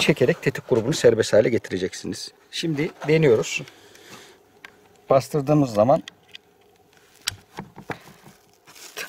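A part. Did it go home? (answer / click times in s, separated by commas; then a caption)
released / 7.3 s. Someone talks while working on an Ermox XA-4 semi-automatic shotgun during disassembly, pressing a release so an internal component frees from the receiver. After a few light handling taps, a sharp click sounds at 7.3 s as the part releases and comes out.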